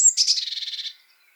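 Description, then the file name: Eurasian blue tit giving a high thin note that breaks into a rapid buzzy churring rattle, fading after about a second. "Cyanistes caeruleus"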